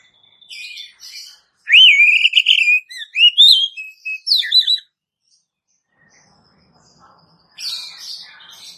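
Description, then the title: Oriental magpie-robin delivering a loud whistled phrase with a long level note and varied slurred flourishes, after soft chirps, ending with a rough burst of notes. "Kacer"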